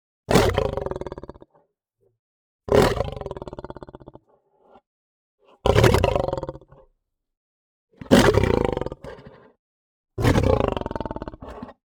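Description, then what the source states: Lion snarls: five harsh, rasping bursts spaced roughly two to three seconds apart, with silence between. Aggressive snarl, long version.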